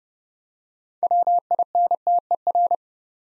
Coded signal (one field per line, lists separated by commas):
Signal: Morse code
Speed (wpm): 30 wpm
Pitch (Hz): 700 Hz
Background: none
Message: WINTER